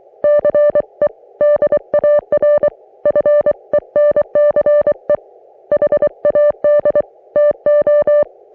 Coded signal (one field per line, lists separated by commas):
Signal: Morse code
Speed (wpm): 23 wpm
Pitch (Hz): 590 Hz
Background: music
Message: CEDAR FENCE HAD TO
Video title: Di-Dah-Dit Weekly - Morse Code Practice